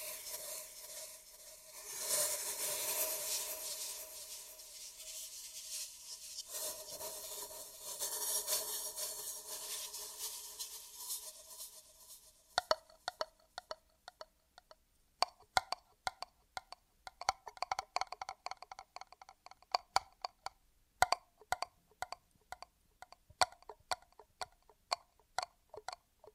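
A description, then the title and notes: ASMR triggers with an echo: for the first half, a steady bright rubbing and rasping texture that swells and fades in long passes. Around thirteen seconds it turns to sparse, sharp taps and clicks at irregular intervals, with quiet gaps between them. ASMR Echoed Triggers.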